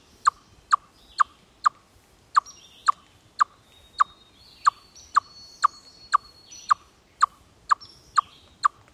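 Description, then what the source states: Chipmunk alarm call: sharp clucking chuck notes repeated steadily about twice a second, with faint bird chirps and trills in the background. Aerial predator alarm call.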